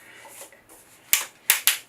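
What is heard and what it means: Tripod legs on a Really Right Stuff TVC-24L are pulled out to their angle stops, and each spring-loaded leg angle lock on the tripod spider snaps into place. After a quiet stretch of soft handling noise, three sharp, loud metallic clicks ring out at 1.1, 1.5 and 1.7 seconds, one for each leg. All three legs are seated and locked at their angle.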